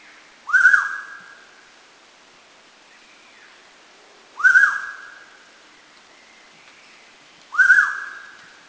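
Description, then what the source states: Hooded pitta calls: three loud whistled notes, each a quick upslurred then level whistle, spaced about every three to four seconds, with faint other bird notes between. Recorded at Subic, Philippines, in 2010.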